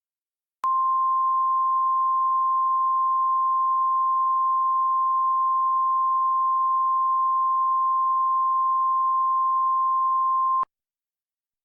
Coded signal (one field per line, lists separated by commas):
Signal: Emergency Alert System (SAME) tones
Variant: 1050 Hz attention tone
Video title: EAS Scenario: An Explosive Hell